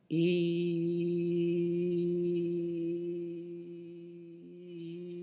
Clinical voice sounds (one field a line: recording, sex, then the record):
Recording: sustained vowel /i/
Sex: female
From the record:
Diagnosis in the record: healthy control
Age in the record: 68 years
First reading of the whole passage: 56 s, 9.3 characters per second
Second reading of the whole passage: 53 s, 9.8 characters per second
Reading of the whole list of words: 52 s, 5.4 characters per second